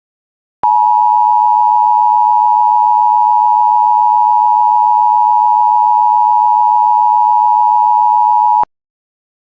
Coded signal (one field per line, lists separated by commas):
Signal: Emergency Alert System (SAME) tones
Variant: 853 and 960 Hz attention tone